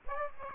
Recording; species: mosquito wingbeat signal from an infrared sensor; Aedes aegypti